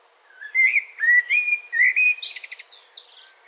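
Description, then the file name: Eurasian blackbird song: a run of low, fluty, slurred whistles, then a high, scratchy twittering flourish that trails off. "Turdus merula"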